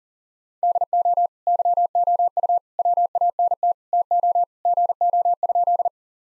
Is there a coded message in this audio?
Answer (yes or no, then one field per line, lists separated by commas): yes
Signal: Morse code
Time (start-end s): 0.6-5.9 s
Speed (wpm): 40 wpm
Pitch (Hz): 700 Hz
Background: none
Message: DO YOU WANT TO GO?